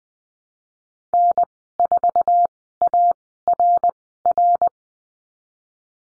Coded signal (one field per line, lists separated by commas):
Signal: Morse code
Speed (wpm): 20 wpm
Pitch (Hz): 700 Hz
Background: none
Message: N4ARR